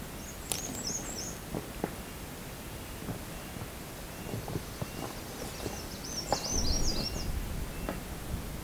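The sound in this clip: American Redstart song, short high thin phrases of sibilant notes, given twice, with low rumbling background noise and a few soft knocks.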